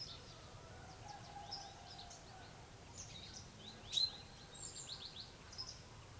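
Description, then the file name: Common chaffinch calls: scattered thin high chirps, one louder sharp note midway and softer ones after it, against low steady background noise. "Fringilla coelebs"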